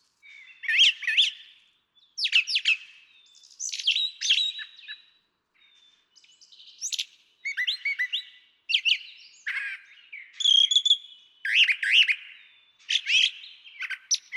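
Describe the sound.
Brown Thrasher song: a long run of varied, rich phrases, many given in quick pairs, chirpy and slurred notes following each other with brief pauses.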